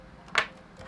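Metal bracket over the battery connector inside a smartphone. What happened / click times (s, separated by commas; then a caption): The small metal bracket snapped into place over the connector / 0.4 s. During a OnePlus 5 battery replacement, a small metal bracket over the battery connector inside the smartphone, given a slight bend so it will click into place, is pressed back over the connector. A single sharp click is heard at 0.4 s against a quiet background. The bracket seats.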